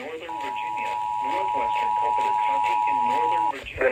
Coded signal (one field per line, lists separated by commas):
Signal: Emergency Alert System (SAME) tones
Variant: 853 and 960 Hz attention tone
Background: speech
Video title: End Of May Twisters/Storms: EAS Alerts From 5/30/25 (EAS #4462-4497)